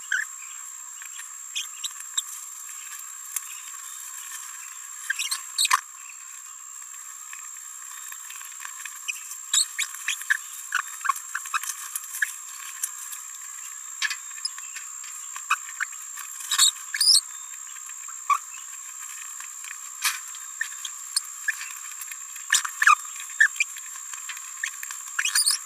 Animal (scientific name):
Forpus passerinus